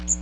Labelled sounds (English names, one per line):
Magnolia Warbler flight call